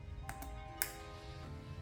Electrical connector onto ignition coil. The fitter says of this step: Go ahead and slide it into place. Listen for the click.